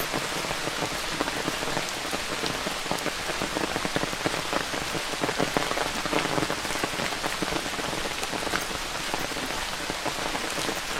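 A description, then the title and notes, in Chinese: Steady rain falls throughout a walk along a forest trail, a dense, even patter across a bright, hissing range. Scattered louder drops tap surfaces every second or so, with no pauses or other sounds standing out. 在雨中沿着森林步道漫步。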